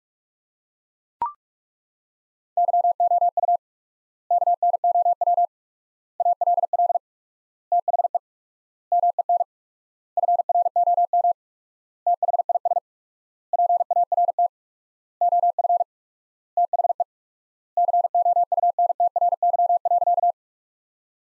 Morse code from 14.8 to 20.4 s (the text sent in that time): OF THE COUNTRY.